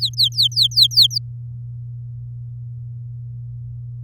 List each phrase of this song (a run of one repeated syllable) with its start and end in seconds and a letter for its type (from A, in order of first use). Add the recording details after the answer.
0.00-1.18 A. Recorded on 10 May 2018 at 06:19. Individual llb16